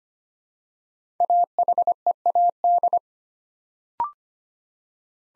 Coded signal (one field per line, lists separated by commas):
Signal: Morse code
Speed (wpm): 25 wpm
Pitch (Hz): 700 Hz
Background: none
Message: AHEAD